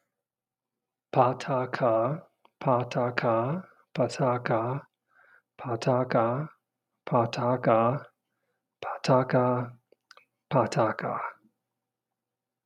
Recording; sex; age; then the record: repeated syllables /pa ta ka/; male; 40 to 49 years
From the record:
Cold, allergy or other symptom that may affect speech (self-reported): no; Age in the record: 48 years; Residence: Texas, United States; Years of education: 16